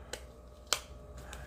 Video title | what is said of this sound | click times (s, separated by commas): Big Progress On The Chevelle Yenko Clone! | see once it's in there pop it pops right into place also | 0.7 s